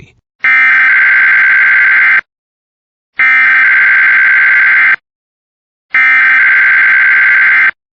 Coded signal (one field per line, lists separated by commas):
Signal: Emergency Alert System (SAME) tones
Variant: header bursts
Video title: EAS Catches #13-17 (EAS) Required Weekly Tests from today and yesterday